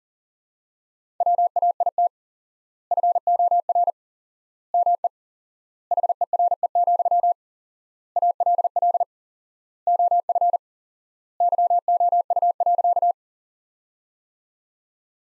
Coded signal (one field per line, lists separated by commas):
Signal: Morse code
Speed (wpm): 40 wpm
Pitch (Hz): 700 Hz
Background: none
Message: WAIT FOR ME HERE, ALL OF YOU.